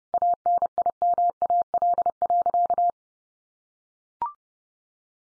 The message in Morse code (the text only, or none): ANIMAL.